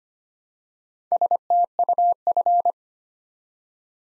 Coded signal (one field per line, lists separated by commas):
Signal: Morse code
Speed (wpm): 25 wpm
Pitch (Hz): 700 Hz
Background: none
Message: STUF